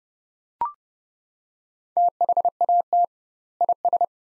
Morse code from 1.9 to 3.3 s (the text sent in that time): THAT